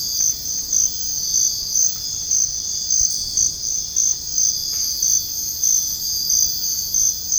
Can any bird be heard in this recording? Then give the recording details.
no. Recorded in dense forest near Puerto Asís, Putumayo, Colombia, on 18 February 2024 at 05:00. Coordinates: 0.485, -76.325. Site G6429